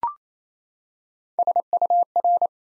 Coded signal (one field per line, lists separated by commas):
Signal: Morse code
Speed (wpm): 29 wpm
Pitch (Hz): 700 Hz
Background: none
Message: SUR